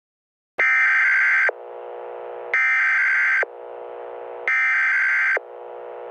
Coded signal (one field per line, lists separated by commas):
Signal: Emergency Alert System (SAME) tones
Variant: header bursts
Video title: EAS Scenario: Frederick County To National Fire Outbreak (Part 1)